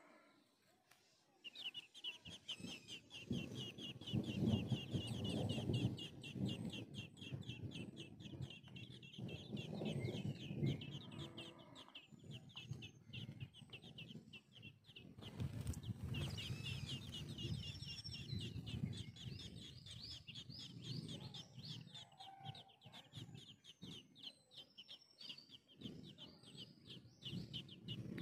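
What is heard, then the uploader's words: Baby birds beg in a dense, continuous chorus of high, rapid chirps while low rumbling noise swells and fades underneath, starting after a brief silence. Bird feeding Babies.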